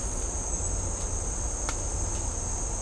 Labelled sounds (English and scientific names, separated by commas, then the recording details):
none
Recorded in dense forest near Puerto Asís, Putumayo, Colombia, on 18 December 2024 at 16:30
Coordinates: 0.503, -76.323
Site G043